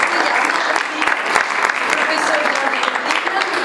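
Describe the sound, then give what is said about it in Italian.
A large audience claps steadily and loudly throughout to welcome an evening's guest, a dense wash of many hands with no pauses, the sustained crackle holding an even level from start to finish. “Insomma, vedo che siete molto coraggiosi, ma soprattutto direi che il nostro ospite, che saluto questa sera e ringrazio di essere qui con noi, merita appunto il vostro applauso, ma anche un pubblico così numeroso.”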